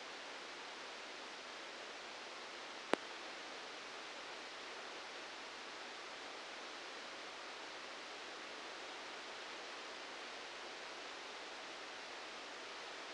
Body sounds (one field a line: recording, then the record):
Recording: brain microelectrode recording played as sound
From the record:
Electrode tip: outside the subthalamic nucleus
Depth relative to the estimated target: -6 mm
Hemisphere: left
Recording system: NeuroSet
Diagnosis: Parkinson's disease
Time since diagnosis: 19 years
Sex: female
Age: 69 years